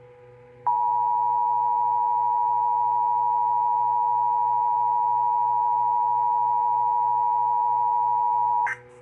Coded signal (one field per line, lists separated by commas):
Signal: Emergency Alert System (SAME) tones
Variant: 853 and 960 Hz attention tone